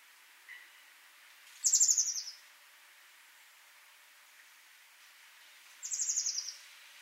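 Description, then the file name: Eurasian blue tit giving two high, scratchy, descending churr calls a few seconds apart, with a faint chip just before the first. "Cyanistes caeruleus"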